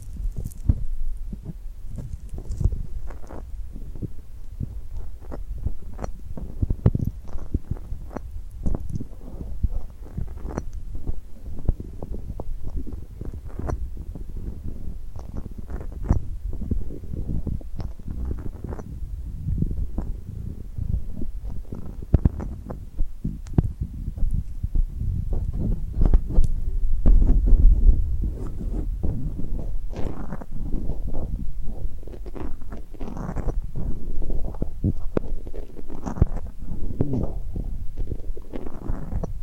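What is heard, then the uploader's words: Sticky hand sounds: skin pressing and peeling apart in dense, uneven bursts of soft crackles and taps throughout. The sound sits mostly low and muffled with occasional brighter clicks, and a low rumble of handling stays underneath the whole time. ASMR Tingly Glued Hand Sounds for Sleep (No Talking).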